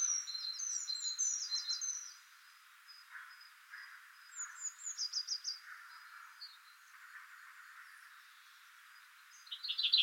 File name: Fringilla coelebs